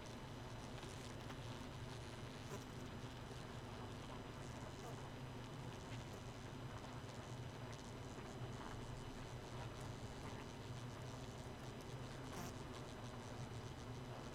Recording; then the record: honeybee colony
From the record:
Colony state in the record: missing queen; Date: 31 May 2018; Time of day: 0:39